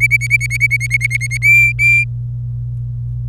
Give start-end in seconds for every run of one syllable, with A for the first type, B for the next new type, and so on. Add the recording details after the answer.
0.00-1.37 A, 1.42-2.04 B. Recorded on 26 April 2018 at 11:48. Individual llb3